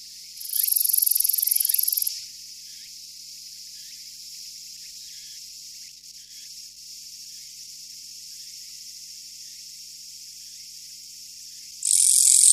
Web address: sikioto insect kirigirisu